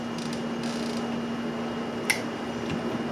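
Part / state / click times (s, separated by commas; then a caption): keypad cable connector into smart deadbolt interior unit / seated / 2.1 s. The keypad's wire connector is plugged into the interior unit of a smart deadbolt lock. A single sharp snap at 2.1 s stands out over a steady low hum and faint rustling, and the connector is confirmed to have snapped into place.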